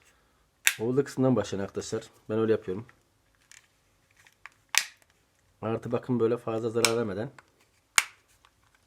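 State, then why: Seated. Someone talks while pressing the two plastic halves of a TV remote control's case together, starting from the battery compartment, so the snap clips of one half lock into the other. A few faint ticks and taps are heard between the speech, then a sharp plastic click at about 8.0 s as the clips snap shut and the case seats.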